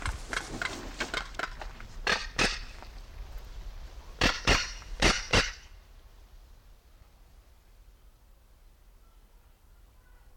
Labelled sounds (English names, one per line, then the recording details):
Crested Caracara
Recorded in captivity
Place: Timmendorfer Strand, Holsteinische Schweiz, Schleswig-Holstein, DE
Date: 1992-09-21 15:20
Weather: sonnig, 22°C
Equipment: Marantz CP 430, Sennheiser ME 80, Kopie Tesla B 116
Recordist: Tembrock, Günter